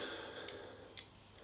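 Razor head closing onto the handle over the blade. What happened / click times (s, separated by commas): The metal head twisted shut and seated / 0.5 s, 1.0 s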